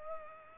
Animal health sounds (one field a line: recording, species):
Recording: mosquito wingbeat signal from an infrared sensor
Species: Culex pipiens